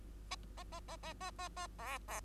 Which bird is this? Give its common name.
Bengalese Finch